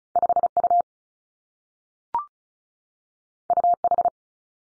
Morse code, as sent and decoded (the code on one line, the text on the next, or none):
..... / ..- / ..- / ....
5 U U H